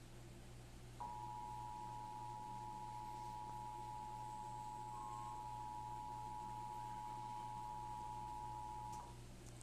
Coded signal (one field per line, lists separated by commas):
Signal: Emergency Alert System (SAME) tones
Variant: 853 and 960 Hz attention tone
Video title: Flash Flood Warning on WMCND (EAS #127)